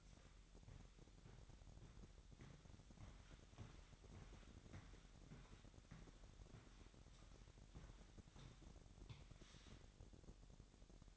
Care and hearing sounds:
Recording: daily activity, microphone in the room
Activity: walk to room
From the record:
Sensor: 3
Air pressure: 1012.2 hPa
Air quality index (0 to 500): 153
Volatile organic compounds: 2 ppm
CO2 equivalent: 1163 ppm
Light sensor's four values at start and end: 137/326/135/124 and 136/322/134/123

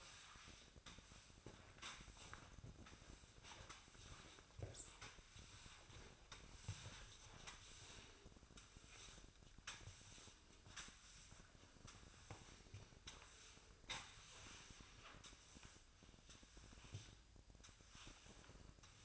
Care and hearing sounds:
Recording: daily activity, microphone in the room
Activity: sweep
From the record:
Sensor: 2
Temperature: 24.5 degrees Celsius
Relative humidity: 39.5%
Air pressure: 1003.0 hPa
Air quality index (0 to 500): 199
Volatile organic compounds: 6 ppm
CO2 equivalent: 1891 ppm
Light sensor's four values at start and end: 10/23/10/10 and 11/25/11/12

